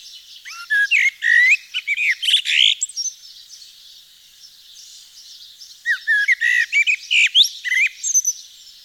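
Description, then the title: Eurasian blackbird song in two bursts a few seconds apart: rich warbled whistles followed by strained squeaky twittering, with faint high chirping from other birds throughout. Nord region, northern France. "Sylvain Jaskowiak - Mes piafs. Merle noir dans le Nord"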